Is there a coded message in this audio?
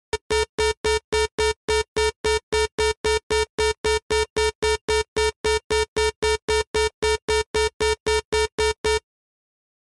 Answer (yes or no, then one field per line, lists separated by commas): no